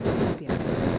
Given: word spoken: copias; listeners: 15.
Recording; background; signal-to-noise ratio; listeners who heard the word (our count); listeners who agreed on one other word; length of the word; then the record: one Spanish word in noise, from a listening test; noise modulated by one talker; -11.3 dB; 0 of 15; 12 of 15; 0.58 s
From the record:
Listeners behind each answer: 12, 1, 1, 1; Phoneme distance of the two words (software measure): 27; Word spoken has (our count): 2 syllables, 6 phonemes, stress on syllable 1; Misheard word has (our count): 2 syllables, 7 phonemes, stress on syllable 1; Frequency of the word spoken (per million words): 12.08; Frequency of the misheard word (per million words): 9.09